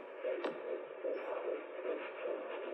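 Rapid, regular whooshing pulses over a steady hiss: a fetal heartbeat at 150 beats a minute, picked up immediately on a handheld Doppler placed on the mother's abdomen at 14 to 15 weeks of pregnancy.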